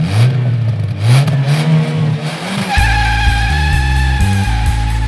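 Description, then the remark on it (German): A car engine revs up and down a few times, then breaks into a loud, steady roar whose pitch steps up and down as it keeps running, with no voices. “Kein Gedanke, nur der Motor, die Straße, die Lichter.”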